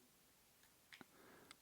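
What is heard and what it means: During reassembly of a Shimano Ultegra 6800 rear derailleur, the tip of the steel coil spring is aimed into the hole at the back of the knuckle. Sharp clicks sound at 0.9, 1.0 and 1.5 seconds. The spring end clicks into the knuckle hole and is seated, which means it is good.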